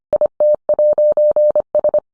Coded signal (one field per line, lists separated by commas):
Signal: Morse code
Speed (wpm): 25 wpm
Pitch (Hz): 600 Hz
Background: none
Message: IT'S